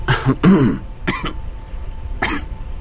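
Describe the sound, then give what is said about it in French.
During a medical examination, a person asked by a doctor to cough gives a few short, throaty coughs in uneven succession, the second one rougher and more voiced, followed by a couple of lighter coughs after brief pauses. No one speaks. “Tousse un peu.”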